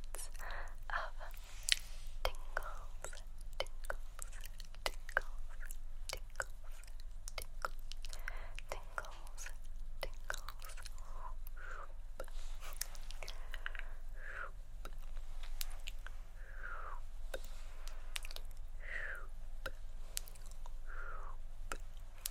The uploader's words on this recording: ASMR Hand Movements With Assorted Mouth Sounds (Tongue Clicking, Shoop, TkTk).